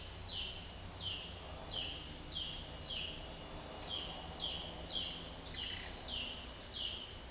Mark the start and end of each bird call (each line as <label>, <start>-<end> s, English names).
Violaceous Jay, 0.00-7.31 s